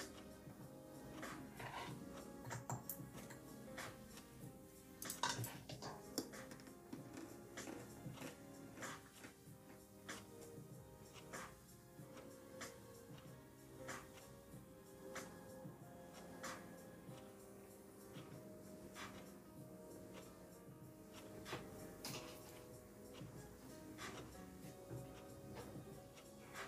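A soft lofi instrumental plays at a steady, even level, with mellow sustained tones and a muffled low beat running throughout. Bright clicks and taps cut through often and irregularly, like keyboard typing, with a sharper cluster around five seconds in.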